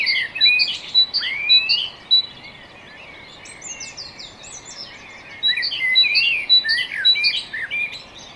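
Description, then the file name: Great tit calls: varied chirps, short repeated notes and rising sweeps, in two busy bursts separated by a quieter gap. "Parus major"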